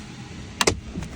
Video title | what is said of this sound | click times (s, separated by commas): 2025 GMC Sierra Display Screen Removal for Autostop. | you hear clicking in | 0.6 s, 0.7 s